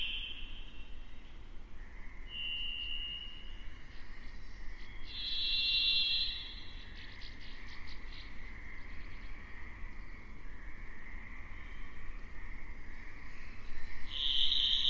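A dense nighttime chorus of insects and frogs with steady high trills, bright calls flaring around six and fourteen seconds over a low rumble.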